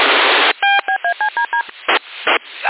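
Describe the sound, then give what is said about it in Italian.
A quick run of about seven short, clipped electronic beeps in uneven pitches, like touch-tone dialing, heard over a CB radio link in Sassari while the voice does not come through, bracketed by harsh bursts of static hiss. No one speaks. “Poco fa ti sentivo, basso, però ti sentivo, adesso radio non c'è, non c'è, sento solo i bip e basta,”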